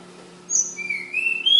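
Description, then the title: Flowerpecker song: a high note followed by drawn-out rising whistles climbing in pitch, over a low continuous hum. Recorded in Kudus; local names Tledekan or Sulingan. "Tledekan/Sulingan ABABIL"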